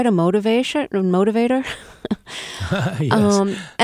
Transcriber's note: soundbite of laughter